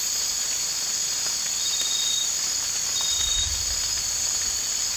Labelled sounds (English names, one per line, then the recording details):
none
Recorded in dense forest near Puerto Asís, Putumayo, Colombia, on 8 March 2025 at 02:00
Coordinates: 0.484, -76.317
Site G064